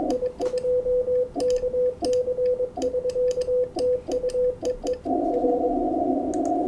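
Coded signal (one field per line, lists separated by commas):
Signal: Morse code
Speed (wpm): 24 wpm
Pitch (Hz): 500 Hz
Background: radio noise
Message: I2KC <SK> TU EE R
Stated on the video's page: Amateur CW contacts on 20 metres.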